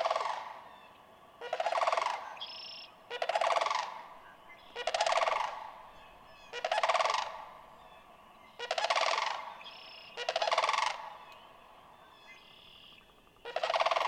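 Sandhill crane giving a long series of rolling rattled calls about every two seconds, short high whistled notes from other birds in between.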